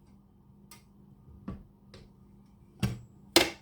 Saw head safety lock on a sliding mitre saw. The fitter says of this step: and then every time you stopped using it it clicks back in place locks again